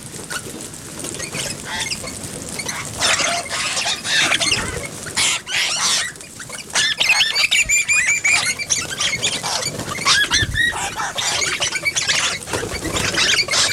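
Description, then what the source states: Rosellas calling in a noisy jumble of harsh squawks and whistled squeaks, intensifying after the first few seconds. Rosellas feeding.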